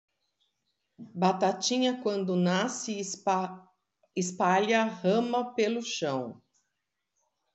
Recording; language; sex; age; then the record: short text; Brazilian Portuguese; female; 50 to 59 years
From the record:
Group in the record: control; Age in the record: 53 years